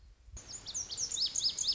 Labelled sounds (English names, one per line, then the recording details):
Lazuli Bunting
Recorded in Sonoma County, California